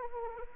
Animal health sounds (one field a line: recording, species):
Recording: mosquito wingbeat signal from an infrared sensor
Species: Anopheles arabiensis